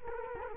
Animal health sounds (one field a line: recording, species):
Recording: mosquito wingbeat signal from an infrared sensor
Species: Culex quinquefasciatus